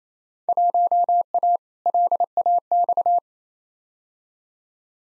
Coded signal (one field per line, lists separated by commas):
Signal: Morse code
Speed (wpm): 28 wpm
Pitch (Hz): 700 Hz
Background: none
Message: 1A LAX